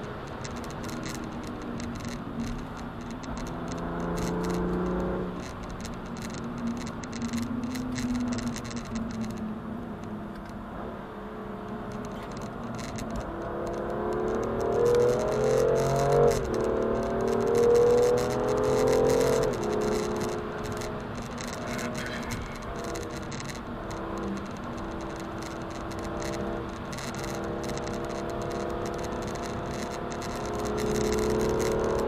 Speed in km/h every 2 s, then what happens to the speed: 139, 106, 115, 118, 95, 95, 79, 98, 136, 151, 148, 140, 139, 150, 153, 156.
0-2 brakes to 106. 2-6 speeds up to 118. 6-12 brakes to 79. 12-18 speeds up to 151. 18-25 slows to 139. 25-32 speeds up to 156.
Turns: 7-12.